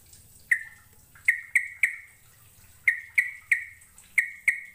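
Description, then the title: Bird chirps: bright ringing notes in loose groups of two or three, each a sharp attack fading into a brief steady tone. "Kicau Burung"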